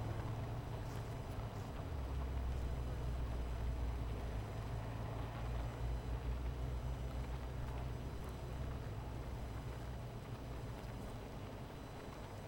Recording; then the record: honeybee colony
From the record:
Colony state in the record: missing queen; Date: 14 July 2017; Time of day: 17:16